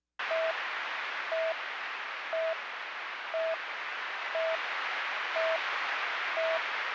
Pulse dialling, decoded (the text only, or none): none